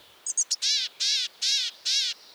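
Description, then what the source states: Gray-headed Chickadee giving a call of three brief high chips followed by four long, harsh, buzzy notes spaced evenly. Found in the extreme northwest corner of the continent, north of the Arctic Circle.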